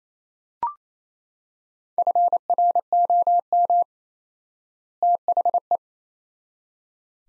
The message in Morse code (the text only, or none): FROM THE